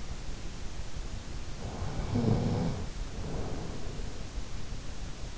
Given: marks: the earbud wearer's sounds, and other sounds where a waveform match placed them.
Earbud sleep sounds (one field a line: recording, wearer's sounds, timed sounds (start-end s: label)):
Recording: sounds in sleep by an in-ear microphone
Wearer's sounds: snoring breath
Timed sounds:
1.49-4.34 s: snoring breath